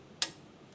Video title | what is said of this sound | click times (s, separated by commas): Can this part FIX my LANDCRUISER? | So we're going to tighten that until we hear the click. | 0.2 s